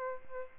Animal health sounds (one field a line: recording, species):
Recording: mosquito wingbeat signal from an infrared sensor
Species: Aedes albopictus